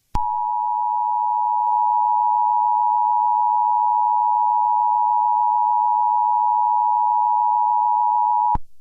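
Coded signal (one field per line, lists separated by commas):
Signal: Emergency Alert System (SAME) tones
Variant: 853 and 960 Hz attention tone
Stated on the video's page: Fictional EAS scenario made with CapCut and other apps, not a real alert.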